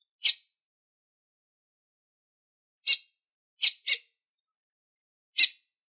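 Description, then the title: Lined seedeater making five short high chips: one alone, then after a long pause a single note, a close pair, and a final note after another pause. Female calling persistently to stimulate the male. "Fêmea De Bigodinho Chamando Muito Para Esquentar O Macho!"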